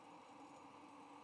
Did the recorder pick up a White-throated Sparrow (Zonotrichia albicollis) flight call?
no